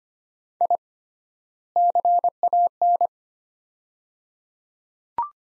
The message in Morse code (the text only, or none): I CAN